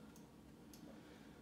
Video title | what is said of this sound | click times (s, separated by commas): Thinkware F70 Full HD Dashcam Blogger Review | we go I heard it click so it should be all good | 0.7 s